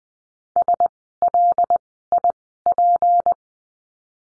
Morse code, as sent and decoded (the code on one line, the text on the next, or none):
... .-.. .. .--.
SLIP